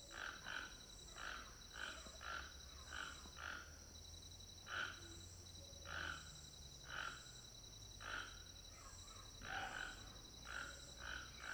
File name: Ambiencia de final de tarde quintal casa Alto Paraiso com Tucanos bem perto